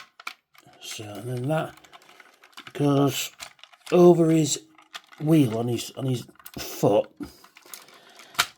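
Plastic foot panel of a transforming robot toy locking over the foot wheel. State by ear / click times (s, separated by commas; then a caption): seated / 8.4 s. Someone talks while folding the plastic foot section of a Transformers: Victory Victory Leo transforming robot toy over the wheel on its foot, with small handling clicks along the way. The panel is pushed until it locks into place with a sharp click at 8.4 s, and it is seated.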